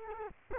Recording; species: mosquito wingbeat signal from an infrared sensor; Culex quinquefasciatus